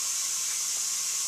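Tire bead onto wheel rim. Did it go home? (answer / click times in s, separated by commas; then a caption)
no / none. A tire is inflated on a tire changer while being lifted so its rubber beads will seat on the metal wheel rim. A steady, bright hiss of air runs through the whole clip with no pops. Nothing has seated yet.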